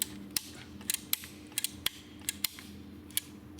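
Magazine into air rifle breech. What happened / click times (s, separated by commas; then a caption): The magazine clicked into place in the rifle / 0.0 s, 0.4 s, 1.1 s, 1.9 s, 2.4 s, 3.2 s. An air rifle magazine, with a metal bar lined up with the groove at the back, is put into the breech of a Steyr Pro X air rifle and gives a series of sharp mechanical clicks at 0.0, 0.4, 1.1, 1.9, 2.5 and 3.2 seconds over a low steady hum. The magazine seats in place, the clicking stops and the rifle is ready to shoot.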